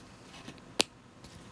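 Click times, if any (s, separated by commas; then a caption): 0.8 s. Two plastic LEGO brick pieces from the 2023 LEGO DREAMZzz Crocodile Car 71458 set are pressed together close to the microphone, with faint handling noises around 0.5 s and 1.2 s. A sharp, bright click at 0.8 s confirms the pieces have snapped together and seated.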